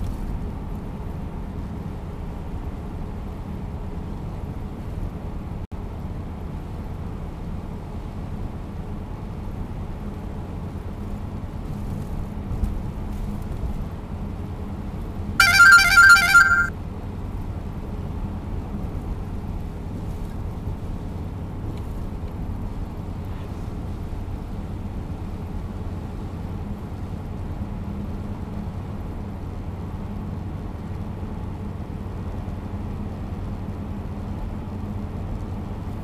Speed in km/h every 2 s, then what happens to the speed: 88, 88, 89, 90, 90, 91, 91, 89, 88, 89, 89, 89, 90, 90, 90, 91, 92, 93.
0-36 steady at about 90.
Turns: none.